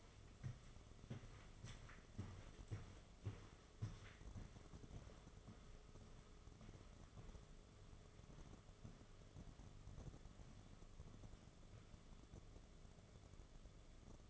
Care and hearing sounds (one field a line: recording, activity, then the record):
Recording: daily activity, microphone in the room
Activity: walk to room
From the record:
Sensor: 4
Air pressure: 1011.2 hPa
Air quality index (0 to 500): 133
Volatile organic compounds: 3 ppm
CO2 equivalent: 1368 ppm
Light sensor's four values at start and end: 185/478/205/213 and 210/545/234/244